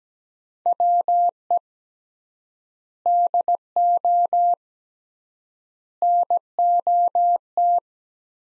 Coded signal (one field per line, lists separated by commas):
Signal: Morse code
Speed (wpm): 17 wpm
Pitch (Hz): 700 Hz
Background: none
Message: WE DO NOT